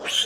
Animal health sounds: pig call; piglet (1 to 25 days)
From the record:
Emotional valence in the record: negative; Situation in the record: fighting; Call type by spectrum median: high-frequency call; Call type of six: high-frequency modulated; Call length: 0.27 s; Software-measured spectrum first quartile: 2867 Hz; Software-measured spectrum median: 3275 Hz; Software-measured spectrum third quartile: 5001 Hz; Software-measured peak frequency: 3114 Hz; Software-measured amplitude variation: 153 dB a second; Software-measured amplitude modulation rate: 18.7 a second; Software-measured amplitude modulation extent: 8.2 dB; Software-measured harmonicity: 5.2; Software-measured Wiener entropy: -2.32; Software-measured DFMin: 1346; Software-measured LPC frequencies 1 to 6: 634, 1587, 3124, 4869, 6289, 8398 Hz

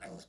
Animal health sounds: pig call; piglet (1 to 25 days)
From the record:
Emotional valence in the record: negative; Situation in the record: castration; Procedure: castration, cut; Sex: male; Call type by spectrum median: low-frequency call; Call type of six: mixed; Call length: 0.29 s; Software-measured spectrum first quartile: 420 Hz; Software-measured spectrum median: 1020 Hz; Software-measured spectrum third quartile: 3606 Hz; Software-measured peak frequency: 686 Hz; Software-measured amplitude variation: 107 dB a second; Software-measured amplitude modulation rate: 15.7 a second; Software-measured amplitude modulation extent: 6.8 dB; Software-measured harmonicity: 2.2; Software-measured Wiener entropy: -2.70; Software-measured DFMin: 986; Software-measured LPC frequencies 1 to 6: 601, 1639, 2188, 4008, 5370, 6451 Hz

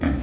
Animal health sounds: pig call; growing-finishing pig (85 days or more)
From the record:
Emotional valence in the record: negative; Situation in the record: barren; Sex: female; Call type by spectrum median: low-frequency call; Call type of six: low-frequency stable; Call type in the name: low-frequency stable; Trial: 1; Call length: 0.23 s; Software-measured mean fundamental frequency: 65 Hz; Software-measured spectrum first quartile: 124 Hz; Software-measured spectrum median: 260 Hz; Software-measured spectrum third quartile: 536 Hz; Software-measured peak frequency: 271 Hz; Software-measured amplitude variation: 129 dB a second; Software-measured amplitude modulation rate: 24.1 a second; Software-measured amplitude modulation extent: 5.4 dB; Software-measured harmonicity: 0.1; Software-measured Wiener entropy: -0.77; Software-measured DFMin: 529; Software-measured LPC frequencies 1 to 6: 275, 1725, 2260, 3296, 5509, 6631 Hz

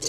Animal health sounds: pig call; weaner (32 to 43 days)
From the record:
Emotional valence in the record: negative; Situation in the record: short isolation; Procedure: open field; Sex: female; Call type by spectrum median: high-frequency call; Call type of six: high-frequency stable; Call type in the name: high-frequency stable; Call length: 0.09 s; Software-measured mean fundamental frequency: 402 Hz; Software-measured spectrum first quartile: 2416 Hz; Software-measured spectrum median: 4903 Hz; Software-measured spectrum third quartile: 6544 Hz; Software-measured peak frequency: 451 Hz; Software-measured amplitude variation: 92 dB a second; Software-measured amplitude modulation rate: 11.3 a second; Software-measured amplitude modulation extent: 8.2 dB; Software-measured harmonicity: 1.9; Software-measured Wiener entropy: -2.18

